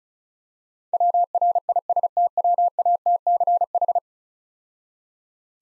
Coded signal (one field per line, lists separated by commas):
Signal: Morse code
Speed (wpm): 35 wpm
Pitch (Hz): 700 Hz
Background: none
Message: WRISTWATCH